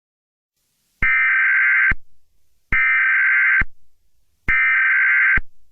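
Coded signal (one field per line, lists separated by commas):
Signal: Emergency Alert System (SAME) tones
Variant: header bursts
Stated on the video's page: Fictional EAS scenario.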